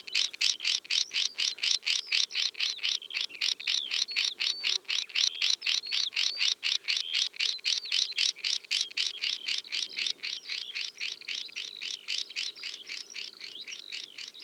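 Swinhoe's snipe calls, a fast steady series of sharp rasping notes, about four per second, continuing throughout with little change.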